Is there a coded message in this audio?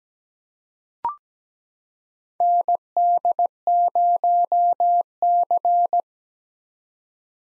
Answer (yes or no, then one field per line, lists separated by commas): yes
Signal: Morse code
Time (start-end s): 2.4-6.0 s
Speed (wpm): 17 wpm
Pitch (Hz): 700 Hz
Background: none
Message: ND0C